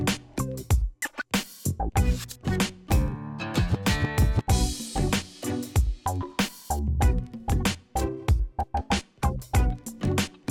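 A voice talks in quick, choppy bursts with short gaps between phrases, its tone thin and buzzy, almost like a droning insect. Around the middle a brighter hiss rises briefly under the voice before the rapid speech carries on to the end.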